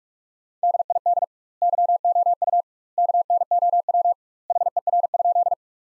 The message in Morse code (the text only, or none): DID YOU KNOW HER?